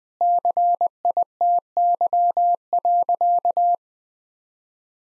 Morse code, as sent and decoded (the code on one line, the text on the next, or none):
-.-. .. - -.-- .-.-.-
CITY.